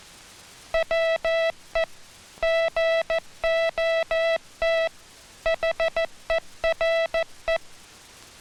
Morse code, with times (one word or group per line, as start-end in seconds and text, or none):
0.7-1.8 WE
2.4-4.9 GOT
5.5-7.6 HERE